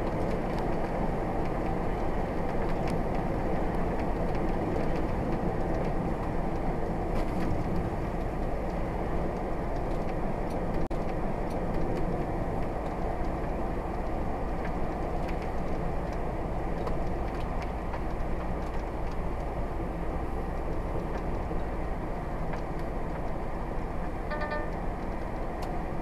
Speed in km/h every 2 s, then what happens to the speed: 68, 66, 61, 60, 61, 63, 61, 60, 60, 60, 61, 63, 63.
0-5 slows to 60. 5-26 steady at about 61.